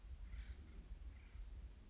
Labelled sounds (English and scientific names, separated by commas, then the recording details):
Acorn Woodpecker (Melanerpes formicivorus)
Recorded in Sonoma County, California